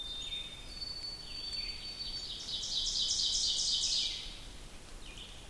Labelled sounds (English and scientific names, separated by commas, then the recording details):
Ovenbird (Seiurus aurocapilla) song
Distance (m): 30 m
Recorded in boreal forest in Alberta, Canada, on 2 June 2016 at 06:13
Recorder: SongMeter 3, array SBT-3-7
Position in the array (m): 49 m, 148 m
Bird 4